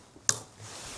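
The safety lever on a youth bolt-action rifle is pushed forward and gives one sharp, bright click at 0.3 s as it detents into the fire position and exposes a red mark. This click should only be heard after the command to fire. After the click, the background stays quiet.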